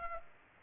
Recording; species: mosquito wingbeat signal from an infrared sensor; Culex pipiens